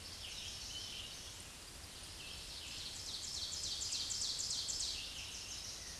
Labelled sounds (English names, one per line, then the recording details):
Ovenbird song
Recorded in a Pennsylvania forest on 16 May 2024 at 07:54
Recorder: AudioMoth, point MSD-2166
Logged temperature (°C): 16.3 °C
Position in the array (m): 145 m, -8 m